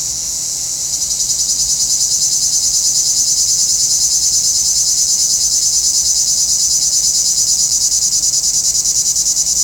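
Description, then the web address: Cicada song, a dense high-pitched buzz that swells after the first second into a steady pulsing drone, about three throbs per second. "Nature Sounds – Nature Chill Out 2014. Sounds from a Rnewood Cicadas"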